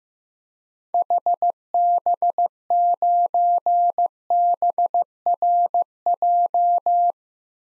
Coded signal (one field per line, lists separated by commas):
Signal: Morse code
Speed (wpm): 16 wpm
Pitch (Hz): 700 Hz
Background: none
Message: HB9BRJ